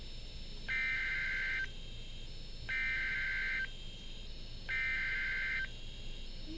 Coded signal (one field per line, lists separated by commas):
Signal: Emergency Alert System (SAME) tones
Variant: header bursts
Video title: NOAA - 3 Flood Warnings (EAS #910 - 912)